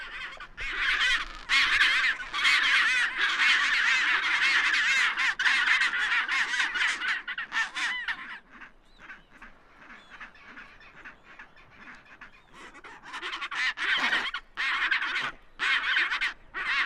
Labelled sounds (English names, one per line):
Chinstrap Penguin call